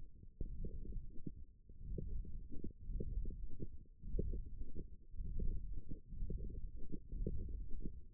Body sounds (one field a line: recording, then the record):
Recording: forearm muscle sounds (acoustic myography)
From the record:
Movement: hook grip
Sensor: system 1, eight BSWA MPA416 microphones around the upper forearm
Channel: 7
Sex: male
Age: 21 years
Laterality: right